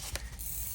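A winding stem with its crown is pushed back into a watch movement while the detent is held down, and it seats all the way with a sharp ratchet-like click at 0.2 seconds. A second, longer rise in high hiss follows at about 0.4 seconds over a low background rumble.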